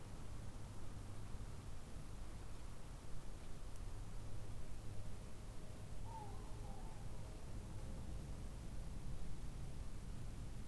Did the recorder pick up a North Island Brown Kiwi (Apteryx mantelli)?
no